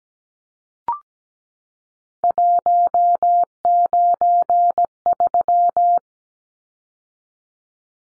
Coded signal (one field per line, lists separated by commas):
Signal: Morse code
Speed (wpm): 17 wpm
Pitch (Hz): 700 Hz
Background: none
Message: 193